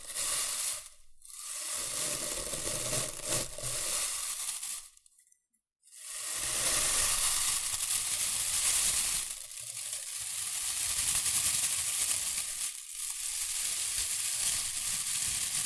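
Shredded tissue and packing peanuts rustle and crinkle in dense, crackly bursts that fill the highs. The handling is mostly continuous, broken by brief pauses near 1 and 10 seconds, a longer silence around 5 seconds, and a short dip near 13 seconds.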